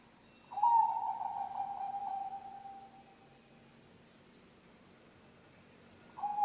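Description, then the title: Zebra dove cooing song: a steady, slightly pulsing tonal phrase lasting about two and a half seconds, then quiet, with a new phrase starting at the end. Bangkok-type zebra dove song, used as a training (masteran) recording for other birds and as a lure (pancingan). "mster Mnuk. SUARA OCEHAN BURUNG PERKUTUT BANGKOK Untuk MASTERAN dan PANCINGAN"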